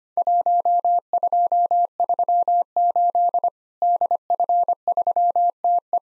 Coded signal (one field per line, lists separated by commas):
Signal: Morse code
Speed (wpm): 25 wpm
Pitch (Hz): 700 Hz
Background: none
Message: 1238 DF3TE